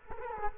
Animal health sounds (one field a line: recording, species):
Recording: mosquito wingbeat signal from an infrared sensor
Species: Culex quinquefasciatus